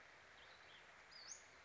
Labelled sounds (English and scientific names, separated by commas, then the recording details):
Western Flycatcher (Empidonax difficilis)
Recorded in Sonoma County, California